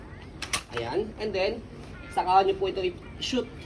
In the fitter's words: gagamitin nyo na, tanggalin nyo lang po yung lock dito, and then angat.